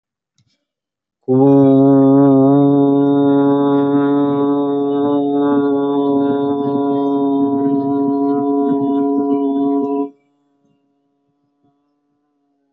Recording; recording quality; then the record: sustained vowel as in boot; excellent, no background noise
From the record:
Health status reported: healthy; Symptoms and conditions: none ticked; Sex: male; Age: 27 years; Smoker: yes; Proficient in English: no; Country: India